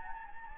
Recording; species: mosquito wingbeat signal from an infrared sensor; Anopheles gambiae